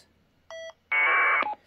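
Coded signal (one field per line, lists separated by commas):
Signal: packet radio (AX.25, as in APRS)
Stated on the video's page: APRS packet from a Radtel RT-950 radio.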